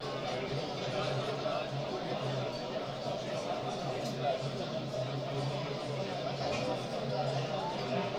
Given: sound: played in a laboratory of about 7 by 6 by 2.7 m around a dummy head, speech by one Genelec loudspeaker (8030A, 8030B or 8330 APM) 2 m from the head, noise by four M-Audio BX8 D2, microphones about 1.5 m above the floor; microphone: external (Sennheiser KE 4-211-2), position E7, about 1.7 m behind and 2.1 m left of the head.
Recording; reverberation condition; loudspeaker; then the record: cafeteria noise; low; four, about 170 cm from the corners of the room and facing them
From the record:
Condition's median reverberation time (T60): about 310 ms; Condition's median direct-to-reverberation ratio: about 3.5 dB